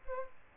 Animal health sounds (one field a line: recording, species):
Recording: mosquito wingbeat signal from an infrared sensor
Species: Aedes aegypti